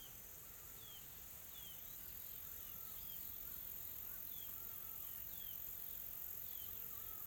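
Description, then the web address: Insects keep up a continuous high-pitched buzzing drone, overlaid by scattered faint, short chirps and soft whistles throughout. Calm, soft insect ambience recorded in a tropical forest in South Africa. "Sonniss - GDC 2020-Game Audio Bundle Smart Sound FX - Nature South Africa AMBIENCE Additional Tropical Forest Soft Insects Calm"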